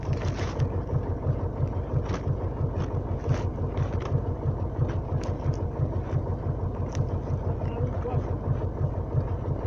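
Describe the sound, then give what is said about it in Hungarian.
A tractor engine, coming back, chugs with a steady, low rhythmic throb over wind noise, holding a fairly even level throughout, while faint voices come through now and then. “Az a traktor! Jön vissza, látod, ott van.”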